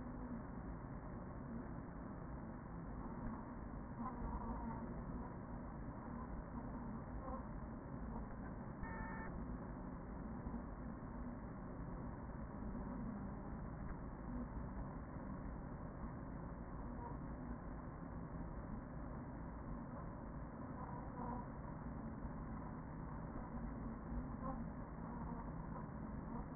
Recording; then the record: honeybee colony, microphone inside the hive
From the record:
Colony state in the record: queen present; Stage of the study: after two queens were removed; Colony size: about 40,000 bees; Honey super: no